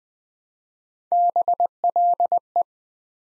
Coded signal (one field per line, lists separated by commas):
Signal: Morse code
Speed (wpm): 20 wpm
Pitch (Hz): 700 Hz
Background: none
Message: BLE